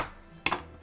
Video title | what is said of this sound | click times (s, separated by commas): BLACK FRIDAY BONANZA! Speakers and other random stuff you DON'T NEED! | So you will never lose the top case because it snaps on. | 0.5 s